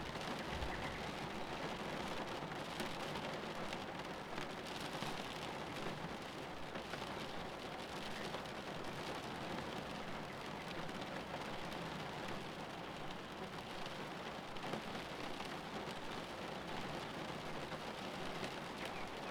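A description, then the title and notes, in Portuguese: Heavy rain from a storm, heard from shelter, pours down in a dense, unbroken hiss for the whole length. Countless drops patter together with a soft low rumble underneath, and the loudness stays level throughout without standout events. Protegido de uma tempestade.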